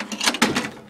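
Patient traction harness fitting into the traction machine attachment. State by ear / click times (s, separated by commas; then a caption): seated / 0.4 s. A therapist lifts a patient harness and pushes its fitting up into the attachment point of a Saunders traction unit. A short burst of plastic rattling and scraping builds to a sharp, loud click at 0.4 s, followed by a brief fading rattle. The harness fitting is seated and stays in.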